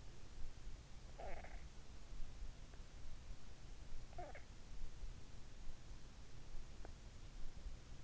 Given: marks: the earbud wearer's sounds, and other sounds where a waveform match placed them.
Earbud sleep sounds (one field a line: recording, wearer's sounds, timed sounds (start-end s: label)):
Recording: sounds in sleep by an in-ear microphone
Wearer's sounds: snoring breath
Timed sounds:
1.01-1.84 s: snoring breath